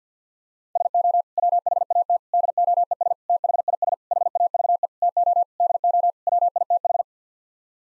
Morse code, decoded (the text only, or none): SO WHAT DOES THIS HAVE TO DO WITH